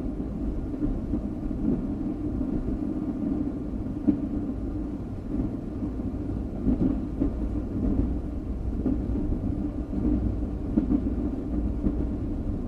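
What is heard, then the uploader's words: A train rumbles steadily with a low, constant drone, broken by faint clanks at around four, seven, ten and eleven seconds. Train Sound For Sleep - White Noise.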